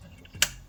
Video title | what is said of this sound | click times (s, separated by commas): VW Tiguan 2018 speakers replacement - Amp installation - Sub Installation - Volkswagen Tiguan 2018 | and put it in these two holes provided and you will here click sound and | 0.4 s